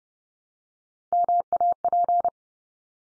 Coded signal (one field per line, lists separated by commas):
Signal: Morse code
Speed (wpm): 29 wpm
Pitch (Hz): 700 Hz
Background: none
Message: MAP